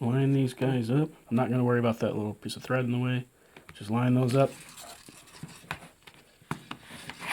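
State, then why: Partly seated. Someone talks while lining up the dual audio plugs of a Kenwood EMC-3 clip microphone with earphone to the jacks of a handheld radio. The plugs are then pushed in, with sharp hits at 5.7 s and 6.5 s and fainter taps around them. The plugs are still not fully home.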